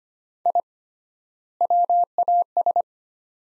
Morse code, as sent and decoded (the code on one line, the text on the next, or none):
.. / .-- .- ...
I WAS